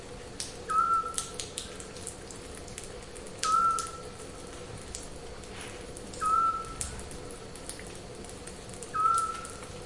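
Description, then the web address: Eurasian scops owl giving short, clear whistled notes, each one level in pitch and repeated about every three seconds, against a steady hiss with faint patter like rain. "zwergohreule"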